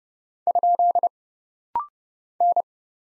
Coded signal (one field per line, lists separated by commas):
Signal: Morse code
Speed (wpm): 30 wpm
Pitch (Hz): 700 Hz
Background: none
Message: ? N